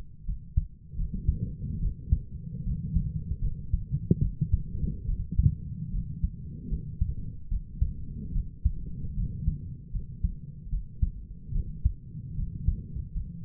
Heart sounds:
heart sounds by stethoscope; 75 bpm
0.26 s: heartbeat
0.97 s: heartbeat
1.80 s: heartbeat
2.64 s: heartbeat
3.42 s: heartbeat
4.21 s: heartbeat
5.07 s: heartbeat
5.92 s: heartbeat
6.70 s: heartbeat
7.49 s: heartbeat
8.33 s: heartbeat
9.16 s: heartbeat
9.93 s: heartbeat
10.70 s: heartbeat
11.53 s: heartbeat
12.36 s: heartbeat
13.14 s: heartbeat
From the record:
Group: healthy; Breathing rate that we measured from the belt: 18 breaths a minute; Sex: female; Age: 22 years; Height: 160 cm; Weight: 63 kg

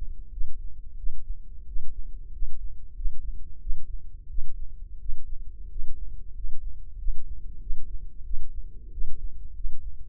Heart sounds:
heart sounds by microphone in the left ear; 91 bpm
0.29 s: heartbeat
0.95 s: heartbeat
1.64 s: heartbeat
2.29 s: heartbeat
2.93 s: heartbeat
3.58 s: heartbeat
4.26 s: heartbeat
4.97 s: heartbeat
5.66 s: heartbeat
6.31 s: heartbeat
6.95 s: heartbeat
7.58 s: heartbeat
8.22 s: heartbeat
8.89 s: heartbeat
9.52 s: heartbeat
From the record:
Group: healthy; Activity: rest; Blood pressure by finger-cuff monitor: 120/85 mmHg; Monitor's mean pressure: 95 mmHg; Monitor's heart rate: 91 bpm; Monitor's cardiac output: 6.5 L/min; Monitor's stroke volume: 70 mL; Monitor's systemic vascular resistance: 1080 dyn s/cm5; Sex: male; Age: 21 years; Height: 180 cm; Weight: 67.5 kg

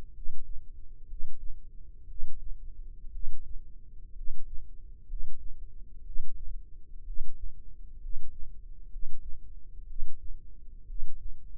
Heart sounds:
heart sounds by microphone in the left ear; 61 bpm
0.10 s: heartbeat
1.04 s: heartbeat
2.04 s: heartbeat
3.09 s: heartbeat
4.11 s: heartbeat
5.04 s: heartbeat
6.01 s: heartbeat
7.02 s: heartbeat
7.97 s: heartbeat
8.86 s: heartbeat
9.84 s: heartbeat
10.83 s: heartbeat
From the record:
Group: healthy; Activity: cold pressor test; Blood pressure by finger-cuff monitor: 106/52 mmHg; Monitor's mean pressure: 65 mmHg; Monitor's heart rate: 62 bpm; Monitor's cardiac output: 7.4 L/min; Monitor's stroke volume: 121 mL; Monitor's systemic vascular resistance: 610 dyn s/cm5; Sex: male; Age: 22 years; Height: 185 cm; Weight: 112.4 kg

